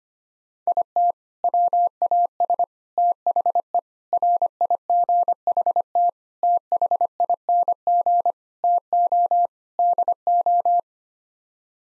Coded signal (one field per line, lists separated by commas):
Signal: Morse code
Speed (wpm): 25 wpm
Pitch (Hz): 700 Hz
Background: none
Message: IT WAS THE RIGHT THING TO DO